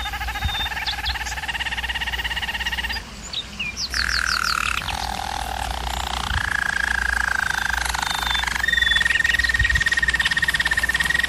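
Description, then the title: German Roller canary singing sustained rolled trills, a brief break with rapid chirps, then a series of smooth rolls at changing pitches, against a steady low hum. Singing used for canary training. "German Roller Canary Singing - Canary Training Vid"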